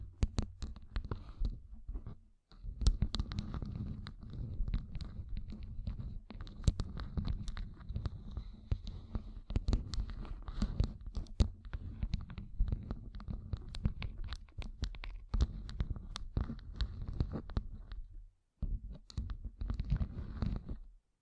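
Fingertips covered in gems tap and scratch in a dense, irregular stream of sharp clicks, with a low rumbling thump under them. Brief silent gaps break the activity near 2 seconds and again around 18 seconds, and a faint bright rasp runs through.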